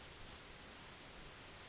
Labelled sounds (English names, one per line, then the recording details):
California Towhee
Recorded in Sonoma County, California